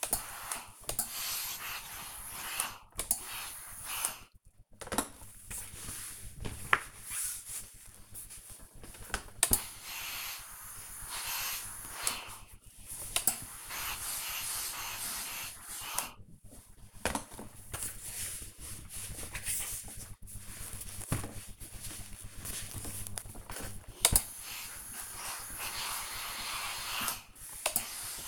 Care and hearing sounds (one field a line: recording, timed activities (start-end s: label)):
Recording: household activities, microphone on the right wrist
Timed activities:
0.00-28.28 s: ironing laundry